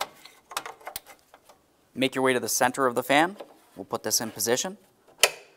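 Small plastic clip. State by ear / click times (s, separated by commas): seated / 5.2 s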